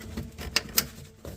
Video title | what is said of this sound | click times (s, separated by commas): BMW 335d Removing Misfuel Restrictor To Use Truck Stop Nozzles - M57 E90 or X5 35d DIY Guide | it'll just snap | 0.6 s, 0.8 s